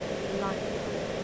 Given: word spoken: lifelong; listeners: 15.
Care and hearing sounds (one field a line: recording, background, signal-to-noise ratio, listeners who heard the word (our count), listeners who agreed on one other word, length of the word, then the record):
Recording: one English word in noise, from a listening test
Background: speech-shaped noise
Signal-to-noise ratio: -6.4 dB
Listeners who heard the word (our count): 0 of 15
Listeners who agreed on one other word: 6 of 15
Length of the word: 0.84 s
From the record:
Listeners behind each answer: 6, 4, 2, 1, 1, 1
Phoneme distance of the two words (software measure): 31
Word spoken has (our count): 2 syllables, 6 phonemes, stress on syllable 1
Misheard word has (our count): 1 syllable, 3 phonemes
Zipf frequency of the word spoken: 3.56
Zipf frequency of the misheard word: 5.28